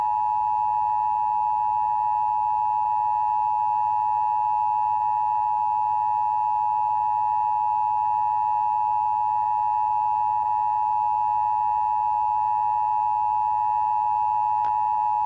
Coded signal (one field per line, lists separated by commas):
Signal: Emergency Alert System (SAME) tones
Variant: 853 and 960 Hz attention tone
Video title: KTTV Channel 11 [Los Angeles, CA] - Emergency Broadcast System Test (1983)